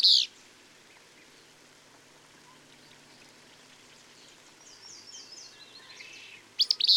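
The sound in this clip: Bird song with a sharp high chirp opening and closing, and faint descending twittered notes in the middle over steady hiss.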